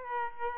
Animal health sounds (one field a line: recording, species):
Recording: mosquito wingbeat signal from an infrared sensor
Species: Aedes aegypti